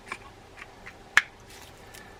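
During reassembly of a small Penn International Torque 12 fishing reel, a reel component is pressed onto the base of the wheel. A few faint ticks lead up to one sharp, loud click at 1.2 seconds as the part snaps home and seats.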